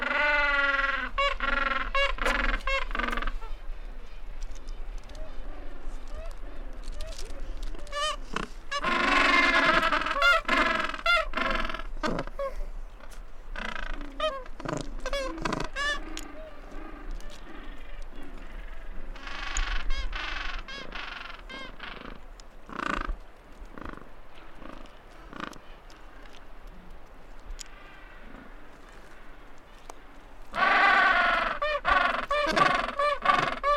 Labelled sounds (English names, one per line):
Gentoo Penguin call